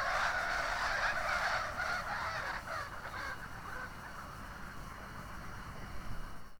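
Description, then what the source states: Birds calling as a flock: a dense, harsh chorus of caw-like notes and chatter, loudest in the first seconds and thinning toward the end. Flock of birds flying overhead.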